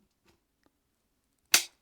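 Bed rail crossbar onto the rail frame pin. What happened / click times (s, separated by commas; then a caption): The bed rail bar locked onto its pin / 1.5 s. The metal crossbar of a UHdod assist bed rail for elderly adults (with motion light, storage pocket and adjustable heights) is slid onto the gold pin on the rail frame and pressed in. After two faint small taps near 0.3 and 0.7 seconds, it locks into place with one sharp, loud snap at 1.5 seconds, and the bar is seated.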